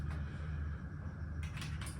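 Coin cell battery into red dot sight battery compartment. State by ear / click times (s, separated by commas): not seated / none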